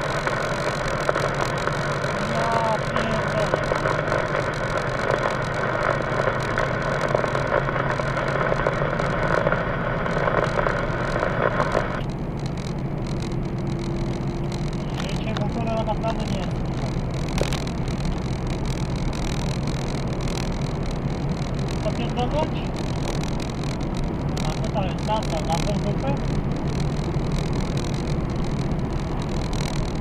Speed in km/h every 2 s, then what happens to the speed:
59, 62, 65, 67, 69, 72, 74, 76, 77, 80, 80, 81, 82, 83, 82.
0-18 speeds up to 80. 18-30 steady at about 81.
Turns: none.